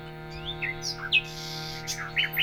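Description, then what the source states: Common nightingale song, varied short whistles and rising and falling slurred notes with a brief rasping burst, over a steady low hum. Nightingale singing in collaboration with musicians.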